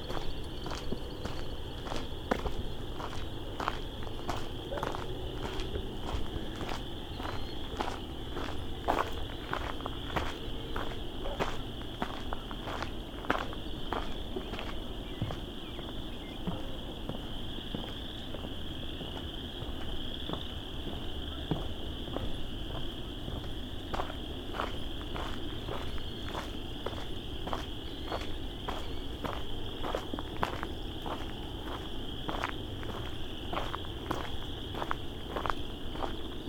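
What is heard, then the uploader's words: Steady footsteps crunch along at dusk, while a continuous high chorus of frogs trills in the background over a low outdoor rumble. An Evening With Chorus Frogs. Dusk spring walk through the Vinemount Swamp. Thousands, maybe tens of thousands, of chorus frogs.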